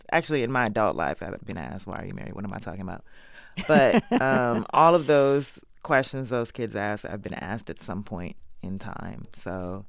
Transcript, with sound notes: Actually, in my adult life I've been asked, why aren't you married? What am I talking about?
(Laughter).
But all of those questions those kids asked I've been asked at some point in time.